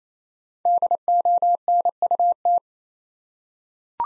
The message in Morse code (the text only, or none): DONUT